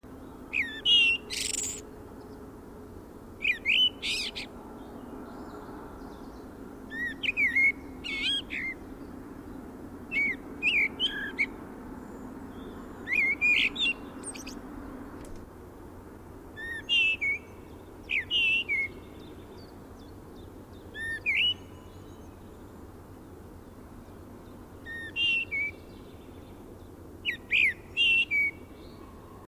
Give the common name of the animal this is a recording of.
Common Blackbird